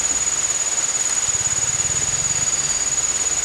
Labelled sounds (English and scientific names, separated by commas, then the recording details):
none
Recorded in dense forest near Puerto Asís, Putumayo, Colombia, on 16 December 2024 at 02:30
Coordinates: 0.468, -76.322
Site G071